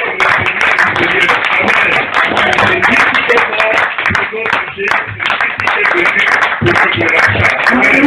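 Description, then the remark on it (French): A church audience bursts into loud, sustained clapping mixed with cheering voices and shouts of acclamation to the Lord Jesus Christ, a dense, steady roar of applause lasting the whole stretch without a break. “Le Père de Dieu nous donne une grande acclamation au Seigneur Jésus-Christ.”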